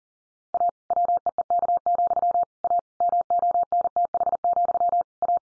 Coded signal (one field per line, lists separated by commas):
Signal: Morse code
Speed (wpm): 40 wpm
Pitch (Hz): 700 Hz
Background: none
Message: A WEEK, A MONTH, A